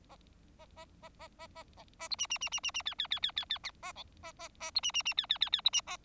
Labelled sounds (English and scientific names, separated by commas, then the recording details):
Bengalese Finch (Lonchura striata domestica) song
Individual Bird4